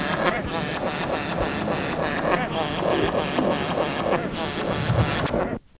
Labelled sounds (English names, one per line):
Satin Bowerbird call